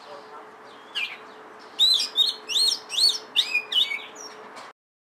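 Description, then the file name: Oriental magpie-robin singing a quick run of loud, looping whistled notes and chirps over a constant low hum, ending abruptly. Indonesian local name kacer, variety called lutung cebu. "audio burung kacer lutung cebu. omkicau"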